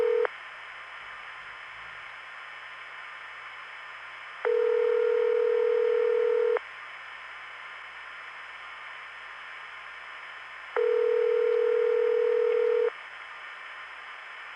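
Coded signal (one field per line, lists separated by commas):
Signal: telephone call progress tone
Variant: North America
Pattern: ringback tone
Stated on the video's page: Long-distance telephone trunk signalling from the 1970s, heard via centralized intercept, an NX1 test board and NX1 tandem calls.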